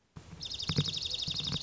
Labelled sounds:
Dark-eyed Junco (Junco hyemalis)

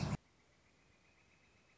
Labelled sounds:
Northern Flicker (Colaptes auratus)

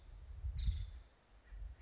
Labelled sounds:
Nuttall's Woodpecker (Dryobates nuttallii)

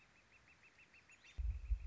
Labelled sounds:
Northern Flicker (Colaptes auratus)

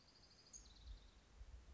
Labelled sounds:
Orange-crowned Warbler (Leiothlypis celata)

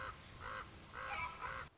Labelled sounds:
Common Raven (Corvus corax)

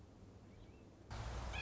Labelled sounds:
Nuttall's Woodpecker (Dryobates nuttallii)

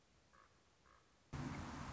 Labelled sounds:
Common Raven (Corvus corax)

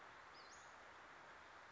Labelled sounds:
Western Flycatcher (Empidonax difficilis)

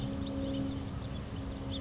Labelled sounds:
House Finch (Haemorhous mexicanus)

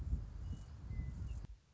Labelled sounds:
Western Meadowlark (Sturnella neglecta)

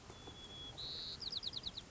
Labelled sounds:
White-crowned Sparrow (Zonotrichia leucophrys)

